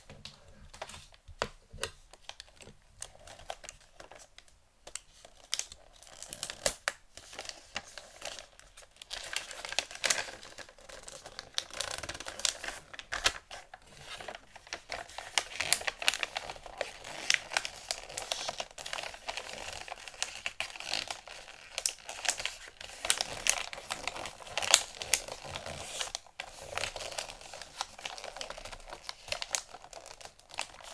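Gift wrapping with dense, continuous paper crinkling, bright and crackly, in rapid irregular bursts throughout. The rustling thickens after about eight seconds and stays busy, with sharp crisp snaps standing out, including one near twenty-five seconds.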